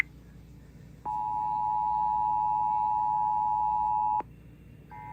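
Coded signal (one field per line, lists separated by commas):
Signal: Emergency Alert System (SAME) tones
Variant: 853 and 960 Hz attention tone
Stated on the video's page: Real EAS alerts caught during a severe weather event.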